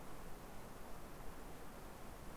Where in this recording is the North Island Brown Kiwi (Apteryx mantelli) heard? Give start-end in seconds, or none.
none